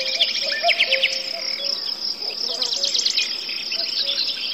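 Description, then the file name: Crickets and forest birds: high cricket chorus with a quick burst of bird trill notes early on, more chirps, and soft low hooting notes repeating. Forest soundscape with birds, cuckoos and crickets. "les ptici kukushki sverchki zhuzhzhanie muhi"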